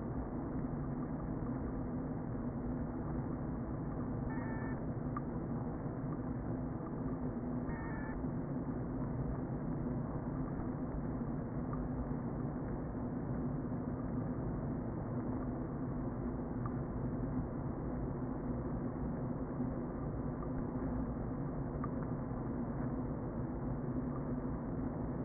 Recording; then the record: honeybee colony, microphone inside the hive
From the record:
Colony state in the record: queen present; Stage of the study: before two queens were removed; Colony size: about 60,000 bees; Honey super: yes